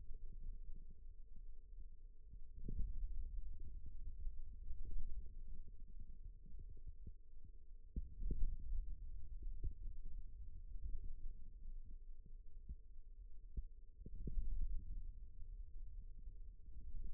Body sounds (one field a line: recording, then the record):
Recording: forearm muscle sounds (acoustic myography)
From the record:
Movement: ulnar deviation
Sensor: system 2, bracelet of six BSWA MPA416 microphones around the upper forearm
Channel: 4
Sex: male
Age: 22 years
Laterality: right